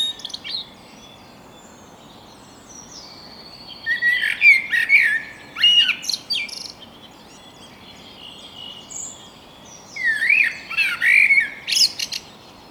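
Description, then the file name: Common blackbird song: two long phrases of mellow warbling mixed with high, squealing twitters, separated by a pause of several seconds. "Turdus merula"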